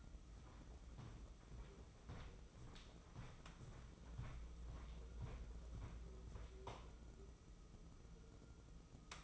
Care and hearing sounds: daily activity, microphone in the room; walk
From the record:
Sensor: 1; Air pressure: 995.9 hPa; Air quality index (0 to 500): 240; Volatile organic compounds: 1000 ppm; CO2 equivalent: 7025 ppm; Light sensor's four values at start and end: 39/97/41/50 and 37/92/39/48

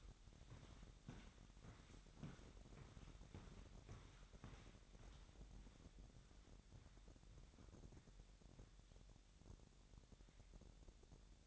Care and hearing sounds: daily activity, microphone in the room; walk to room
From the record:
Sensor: 3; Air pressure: 1012.2 hPa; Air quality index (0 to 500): 154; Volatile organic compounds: 2 ppm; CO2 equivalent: 1170 ppm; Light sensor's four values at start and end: 136/324/134/124 and 136/324/134/124

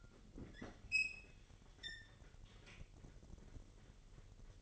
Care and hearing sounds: daily activity, microphone in the room; open fridge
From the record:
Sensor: 4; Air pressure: 1002.7 hPa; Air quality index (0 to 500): 245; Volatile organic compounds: 18 ppm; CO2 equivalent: 2624 ppm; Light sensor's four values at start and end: 4/10/3/4 and 4/9/3/4

